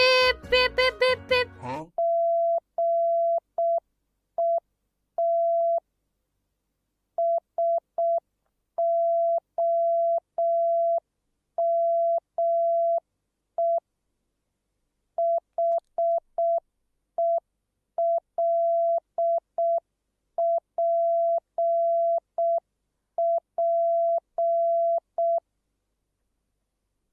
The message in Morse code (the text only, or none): GET SOME HELPP